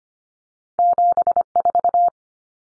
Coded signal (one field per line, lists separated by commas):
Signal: Morse code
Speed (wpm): 25 wpm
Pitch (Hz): 700 Hz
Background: none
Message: 74